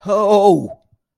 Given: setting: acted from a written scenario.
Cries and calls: vocal sound without words; negative surprise

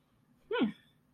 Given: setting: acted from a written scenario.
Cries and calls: vocal sound without words; pride

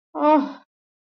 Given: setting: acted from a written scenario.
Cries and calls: vocal sound without words; neutral

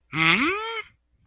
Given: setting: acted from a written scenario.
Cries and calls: vocal sound without words; confusion

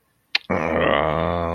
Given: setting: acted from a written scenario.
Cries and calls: vocal sound without words; disappointment

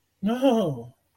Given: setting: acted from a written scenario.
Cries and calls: vocal sound without words; pain

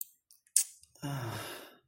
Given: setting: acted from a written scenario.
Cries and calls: vocal sound without words; sympathy

